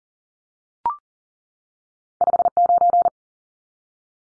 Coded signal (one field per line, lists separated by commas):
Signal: Morse code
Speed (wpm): 40 wpm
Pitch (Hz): 700 Hz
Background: none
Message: 59